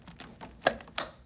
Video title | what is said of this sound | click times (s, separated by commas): Prius Salute RDX Mattress System: Complete Setup & Operation Guide🛏️✨ | in the bottom first click | 0.7 s, 1.0 s